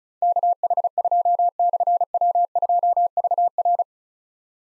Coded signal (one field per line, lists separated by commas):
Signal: Morse code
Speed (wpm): 36 wpm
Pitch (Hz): 700 Hz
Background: none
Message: KH2/W2VR